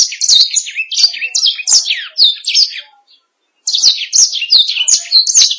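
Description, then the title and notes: Canary singing a rapid string of high slurred whistles and chirps, stopping for about half a second before resuming with more sharp, twittering phrases. "BM Suara Kenari. BM Suara Burung Kenari"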